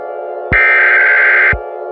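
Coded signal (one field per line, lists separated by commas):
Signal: Emergency Alert System (SAME) tones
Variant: header bursts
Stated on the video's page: Fictional EAS scenario, a simulated alert that contains valid SAME tones.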